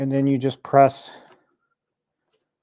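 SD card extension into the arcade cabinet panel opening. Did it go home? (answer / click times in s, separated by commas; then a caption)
no / none. Someone talks while an SD card extension board is about to be pressed into a hole in an arcade cabinet panel, where it replaces the audio input jack. Speech runs to about 1.3 s, followed by silence. Nothing has seated or clicked yet.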